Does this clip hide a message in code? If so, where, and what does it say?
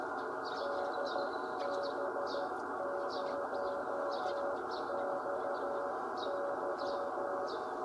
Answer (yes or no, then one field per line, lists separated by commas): yes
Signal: Morse code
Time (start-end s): 0.6-7.5 s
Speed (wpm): 13 wpm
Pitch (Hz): 570 Hz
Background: none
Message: DB0XY